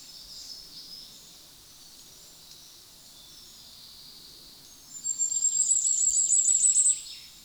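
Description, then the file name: Common firecrest song arrives after a quiet start: a thin, very high series of fast notes lasting about two seconds, over faint background bird chatter. "tuzesfeju kiralyka Regulus ignicapilla"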